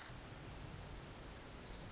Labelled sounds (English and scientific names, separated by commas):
Pacific Wren (Troglodytes pacificus)